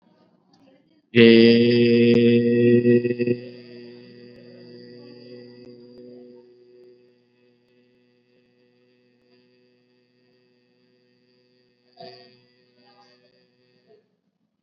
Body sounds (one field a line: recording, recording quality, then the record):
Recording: sustained vowel as in made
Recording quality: excellent, no background noise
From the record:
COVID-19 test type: RT-PCR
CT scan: not taken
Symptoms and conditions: cough, sore throat, fever, fatigue, muscle pain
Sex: male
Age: 21 years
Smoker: no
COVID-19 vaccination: both doses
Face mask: worn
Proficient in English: yes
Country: India